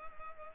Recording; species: mosquito wingbeat signal from an infrared sensor; Culex pipiens